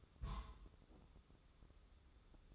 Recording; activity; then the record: daily activity, microphone in the room; place on stove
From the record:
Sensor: 3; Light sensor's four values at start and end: 26/79/33/28 and 26/79/33/28